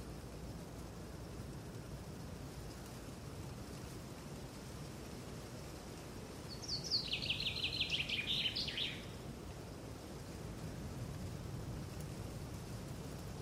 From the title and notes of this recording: Sounds of Nature: A Green Forest in Spring. An aural exploration of a lush green forest in spring, from morning until night. There will be wind, birds, and the rustling of leaves and trees.